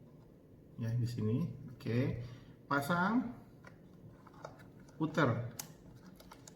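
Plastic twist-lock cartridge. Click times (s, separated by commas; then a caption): 6.5 s. A filter cartridge is twisted clockwise onto the mount of a half-face respirator facepiece until it locks in place. Someone talks, then small taps and clicks are heard as it turns. The cartridge clicks home and seats at 6.5 seconds.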